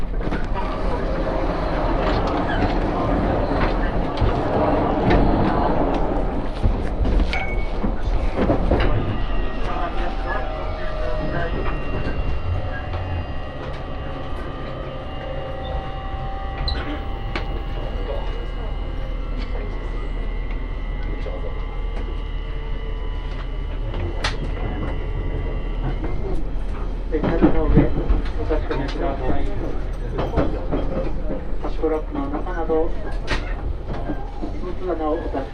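A train ride from Saga toward Hakata, with a steady low rumble running throughout. Voices murmur over the first ten seconds, then long sustained whining tones rise and hold from about 11 to 26 seconds, with brief clanks and knocks scattered across the clip.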